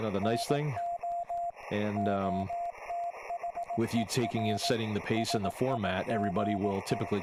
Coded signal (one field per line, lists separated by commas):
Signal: Morse code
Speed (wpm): 18 wpm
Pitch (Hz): 690 Hz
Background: speech, radio noise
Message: NO OTHER SIGE